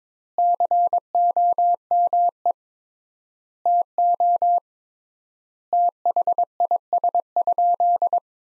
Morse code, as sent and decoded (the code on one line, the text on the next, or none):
-.-. --- -- . / - --- / - .... .. ... ..--..
COME TO THIS?